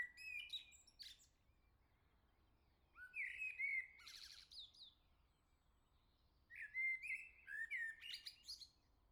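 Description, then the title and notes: Common blackbird singing three phrases spaced a few seconds apart, each fluted warbling notes rising into a sharp, squeaky high flourish. "Le Merle salue l'été, 3 Gd Rue de Chassagne, 17220 La Jarrie, France. Quel Sol!!!! pour saluer l'arrivée de l'été ce matin! Merci Jolie Merle de tes vocalises à proximité!"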